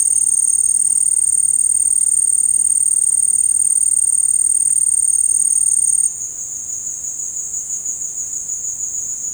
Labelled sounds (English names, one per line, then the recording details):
none
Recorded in secondary vegetation near Puerto Asís, Putumayo, Colombia, on 24 March 2025 at 16:30
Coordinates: 0.502, -76.326
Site G100